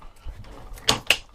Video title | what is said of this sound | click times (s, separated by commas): Паштет домашній із свинини!!! Пробуємо тушонку із курки! | Все клацнуло | 0.9 s, 1.1 s